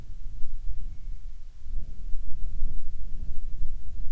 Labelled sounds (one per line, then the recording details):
wind
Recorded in the Prudhoe Bay oil fields, Alaska, on 10 July 2019 at 14:47
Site 14